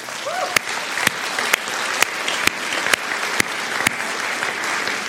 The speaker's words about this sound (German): Ich möchte euch danken, die uns geleitet haben in diesem wunderbaren Lobpreiszeit. Können wir denen einen Applaus geben?